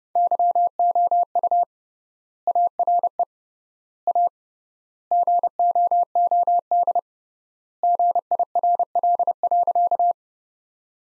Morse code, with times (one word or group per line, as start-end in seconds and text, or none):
0.2-1.6 YOU
2.5-3.2 ARE
4.1-4.3 A
5.1-7.0 GOOD
7.8-10.1 GIRL.